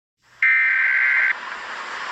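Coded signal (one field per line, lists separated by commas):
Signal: Emergency Alert System (SAME) tones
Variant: header bursts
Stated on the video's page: Fictional alert scenario.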